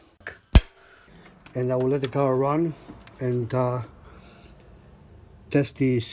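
A metal retaining clip is snapped onto the connected transmission cooler line fitting of a Mercedes, giving a faint click at 0.3 s and a sharp metallic snap at 0.5 s. The clip is seated, and someone then talks.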